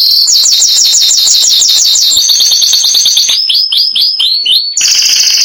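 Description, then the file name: Canary song: continuous fast trills changing pace, with a run of slurred repeated notes and a steady high tour at the end. Song (canto). "canto do canario giboso espanhol"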